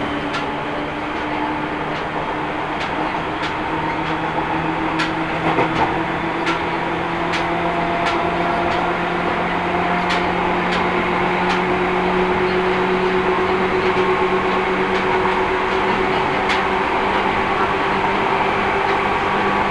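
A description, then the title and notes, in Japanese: A Seibu Railway train rolls along with a steady low rumble and a motor whine whose tones creep slowly upward. Sharp clicks from the wheels hitting rail joints arrive every second or so, thinning out later, while the overall loudness stays even. 耳で楽しむ鉄道旅 西武鉄道 本川越→東村山→小川→萩山→青梅街道。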